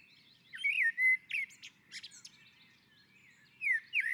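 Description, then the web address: Common blackbird song: a rich fluted warble followed by thin, high chirpy notes, then the start of another mellow phrase. On a roof. "Naturinspelningar Koltrast på taket"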